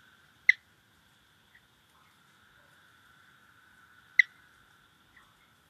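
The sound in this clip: Cliff chirping frog chirps: two sharp, bright chirps about four seconds apart, each followed by a fainter click, over a steady faint hum.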